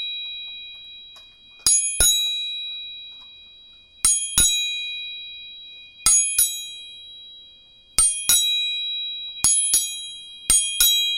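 Tuning forks are struck in quick pairs of sharp metallic taps, roughly every two seconds, each pair starting a bright, high ringing. Several steady high tones hang on between strikes, fading slowly, over an otherwise quiet background.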